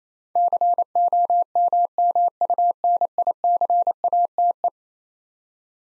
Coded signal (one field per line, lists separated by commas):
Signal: Morse code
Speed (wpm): 28 wpm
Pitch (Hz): 700 Hz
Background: none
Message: COMMUNICATE